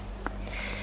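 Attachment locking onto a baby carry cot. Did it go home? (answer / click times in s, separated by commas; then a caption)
yes / 0.3 s. An attachment is secured onto a Bebe Confort Landou Windoo baby carry cot, going onto the black piece as the red part locks down. A single sharp click sounds at 0.3 s over a steady low hum, and the part is locked in place.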